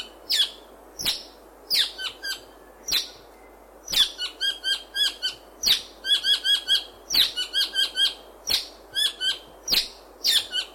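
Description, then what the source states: South Island saddleback chattering: strong single notes alternating with quick runs of several ringing notes, repeated throughout. South Island, New Zealand.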